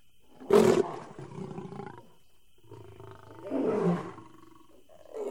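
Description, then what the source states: Big cat roaring, a sharp loud burst, a trailing rumble, then a second swelling roar and the start of another. Big cat house.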